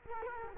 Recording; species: mosquito wingbeat signal from an infrared sensor; Culex quinquefasciatus